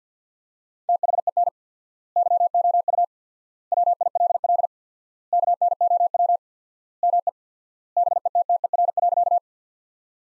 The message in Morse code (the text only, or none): THEN YOU WILL KNOW ME BETTER.